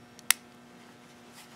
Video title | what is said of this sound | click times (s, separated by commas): Walmart Bell Lumina Bicycle Head Light Tail Light Set 150 Lumens, Unboxing, Battery Install | and then you just press it until it clicks and it's installed | 0.3 s